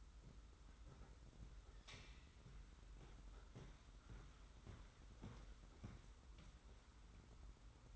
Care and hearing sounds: daily activity, microphone in the room; walk to room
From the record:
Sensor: 3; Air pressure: 991.1 hPa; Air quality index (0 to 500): 104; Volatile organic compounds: 39 ppm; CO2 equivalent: 3135 ppm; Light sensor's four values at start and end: 44/123/50/44 and 44/123/50/44

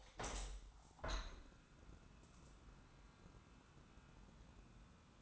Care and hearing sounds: daily activity, microphone in the room; open window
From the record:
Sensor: 3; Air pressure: 1000.4 hPa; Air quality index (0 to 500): 160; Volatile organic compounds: 3 ppm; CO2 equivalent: 1386 ppm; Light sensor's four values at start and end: 13/34/13/15 and 13/35/14/15

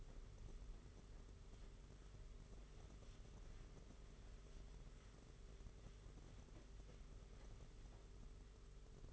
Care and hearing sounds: daily activity, microphone in the room; wipe stove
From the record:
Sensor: 4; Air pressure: 992.3 hPa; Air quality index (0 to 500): 110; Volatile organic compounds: 19 ppm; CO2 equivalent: 2648 ppm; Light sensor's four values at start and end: 22/76/28/29 and 22/76/28/29

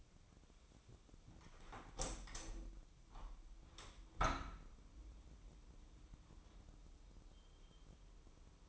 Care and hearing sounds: daily activity, microphone in the room; open window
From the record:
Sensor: 1

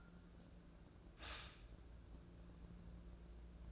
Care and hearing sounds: daily activity, microphone in the room; stop toaster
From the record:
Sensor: 2

